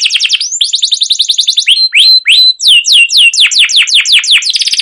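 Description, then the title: Canary delivering a lively song of fast trills, rising slurred whistles and a string of loud descending chirps, ending in another quick trill. Canary song, described as chirping and rolling, used as a lure to get other canaries singing. "CUIT CUIT NGEROL LANGSUNG GACOR PANJANG Kenari Ini Utk Pancingan KENAR"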